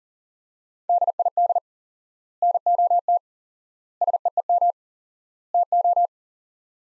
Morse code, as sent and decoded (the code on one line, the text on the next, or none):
-.. .. -.. / -. --- - / ... . . -- / - ---
DID NOT SEEM TO